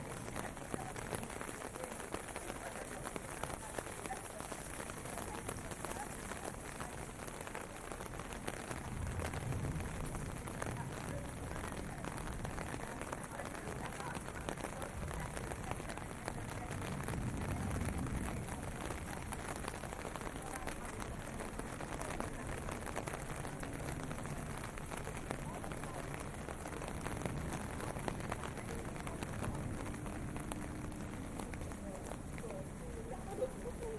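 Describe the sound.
Rain falls steadily while someone walks through Tokyo, a dense, even patter filling the whole half minute with little change in level. Low rumbles swell around 9 and 17 seconds, and faint voices seem to surface now and then beneath the hiss.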